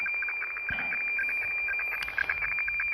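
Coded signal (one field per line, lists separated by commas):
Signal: weather fax (radiofax)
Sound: steady high whine with rapid irregular ticks and lower blips, scratchy and rhythmic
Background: radio static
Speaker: this is an sdr in the university of tuente and this is the same signal that i'm receiving which is a signal from norwood in the uk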